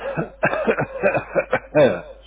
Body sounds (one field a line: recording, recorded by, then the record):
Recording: voluntary cough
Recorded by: telephone call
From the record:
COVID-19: positive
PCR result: checked with the laboratory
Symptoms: no